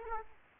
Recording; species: mosquito wingbeat signal from an infrared sensor; Aedes aegypti